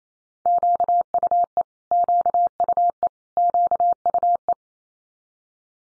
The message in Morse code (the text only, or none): QUE QUE QUE